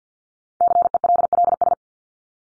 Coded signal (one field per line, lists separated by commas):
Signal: Morse code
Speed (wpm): 48 wpm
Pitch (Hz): 700 Hz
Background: none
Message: CELLS